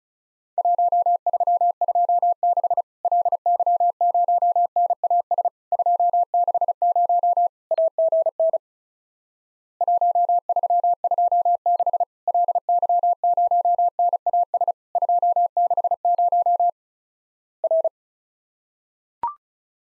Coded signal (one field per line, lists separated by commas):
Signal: Morse code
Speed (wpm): 36 wpm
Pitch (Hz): 700 Hz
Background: none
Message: 1326 LY0NAS 260 AGN 1326 LY0NAS 260 R